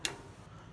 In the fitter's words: hear the positive click as it's in W I cannot go any more over even though I'm spinning the spindle